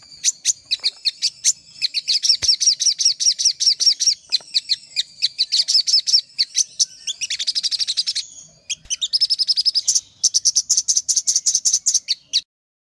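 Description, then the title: Little spiderhunter song: rapid series of sharp, high chips and buzzy trills, with quick rattling bursts and brief pauses between phrases. Master recording used for training cage birds. "Masteran Burung Sogok Ontong Labaik"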